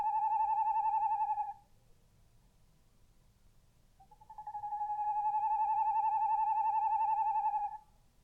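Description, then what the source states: Tawny Owl hooting: a long, quavering, even-pitched hoot, a brief pause, then a second tremulous hoot held for over three seconds. Night calls.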